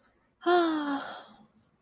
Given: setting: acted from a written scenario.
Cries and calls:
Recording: vocal sound without words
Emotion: relief

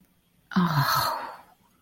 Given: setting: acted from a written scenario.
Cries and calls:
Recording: vocal sound without words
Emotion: guilt

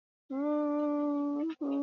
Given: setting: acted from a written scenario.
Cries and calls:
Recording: vocal sound without words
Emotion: serenity

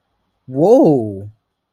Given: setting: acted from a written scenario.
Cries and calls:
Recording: vocal sound without words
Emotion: awe

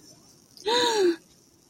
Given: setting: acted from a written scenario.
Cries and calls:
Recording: vocal sound without words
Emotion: positive surprise

